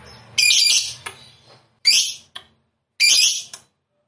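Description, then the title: Lovebird squawks: three harsh, noisy high screeches, each under a second, with short gaps and a couple of brief clicks between them. Fighter-type lovebird, described as gacor. "Berkat SUARA Lovebird FIGHTER GACOR Ini"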